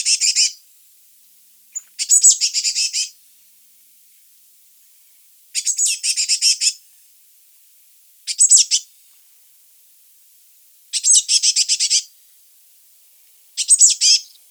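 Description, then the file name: Eurasian blue tit giving harsh, buzzy churring scolds in short bursts of rapid notes, several bursts with pauses of a few seconds between them. "Cyanistes caeruleus"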